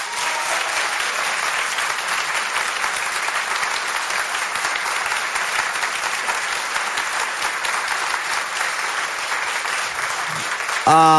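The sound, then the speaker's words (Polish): Sustained audience applause at a concert on Polish Radio Three (Trójka), welcoming the concert's special guest: a dense, steady wash of clapping that holds at an even level for about ten seconds before a voice cuts in at the very end. “Brawa!”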